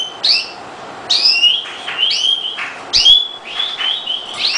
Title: Kicau Kacer Durasi Panjang 1jam Lebih